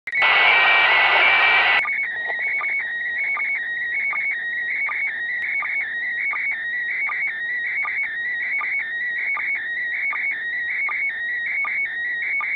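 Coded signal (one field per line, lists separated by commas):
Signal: SSTV (slow-scan television)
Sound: burst of hiss, then a warbling whistle near 2 kHz with steady rhythmic low blips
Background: radio static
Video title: SSTV from the ISS on quadrifilar antenna + Baofeng UV-5R (145.8 MHz)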